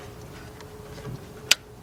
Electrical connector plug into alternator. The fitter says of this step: Plug that up till it clicks, till it stops, just like that, and just a